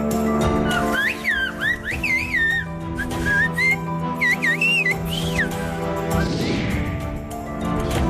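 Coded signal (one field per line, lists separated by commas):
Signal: whistled language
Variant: Turkish Kuş dili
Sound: rapid gliding, bending whistles like speech syllables over a steady background drone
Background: background music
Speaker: Bahasa burung ini memiliki nama unik yang dikenal oleh masyarakat Turki, yaitu Kusdili.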